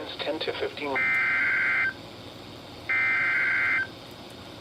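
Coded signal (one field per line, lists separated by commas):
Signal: Emergency Alert System (SAME) tones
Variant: header bursts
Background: speech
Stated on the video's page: Alerts received on a weather radio connected to a siren/strobe device set to whoop, with chimes on the first alert.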